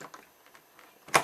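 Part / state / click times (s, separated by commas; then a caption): camera quick-release buckle into helmet mount base / seated / 1.2 s. A GoPro Hero 3 Black action camera's plastic quick-release buckle mount is slid back into the adhesive base on a helmet. Faint scraping leads to a sharp snap at 1.2 s, and the buckle is seated and ready to go.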